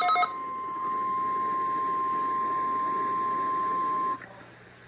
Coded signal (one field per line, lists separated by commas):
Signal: Emergency Alert System (SAME) tones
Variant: 1050 Hz attention tone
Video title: Child Abduction Emergency(12-27-2020)EAS #24